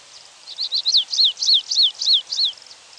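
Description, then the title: Stripe-tailed yellow finch song: a quick, even run of several high, sharply downslurred notes, each a bright hooked chirp, over about two seconds. Subspecies citrina, assumed from location. "LuckyPassaro Completos2Sama. Stripe-tailed Yellow Finch (Sicalis citrina citrina (ssp assumed from location))"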